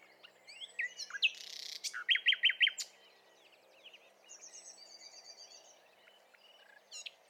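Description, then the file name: Common nightingale song: varied chirps, a short buzzy burst, then a few loud notes in quick succession, followed by quieter whistled phrases. "Luscinia megarhynchos"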